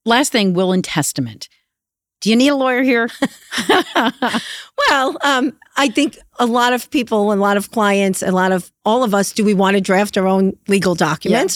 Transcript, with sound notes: Last thing, will and testament-- do you need a lawyer here? [LAUGHTER] Well, I think a lot of people a lot of clients, a lot of-- all of us, do we want to draft our own legal documents?